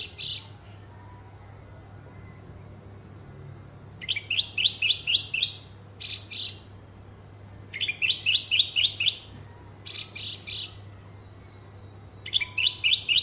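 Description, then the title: Horsfield's bush lark song: several short bursts of rapid, high chattering notes separated by pauses, over a steady low hum. Full song repertoire. "Branjangan Javanica Full Materi"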